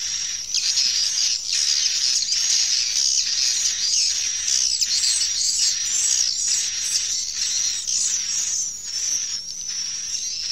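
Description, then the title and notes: Swiftlet chirping: rapid high twitters in quickly repeated bursts, layered over a continuous piercing whistle tone. Swiftlet sound used in bird farming in Asia. "Swiflet Bird Sound. Farming Swiflet Bird asia sound"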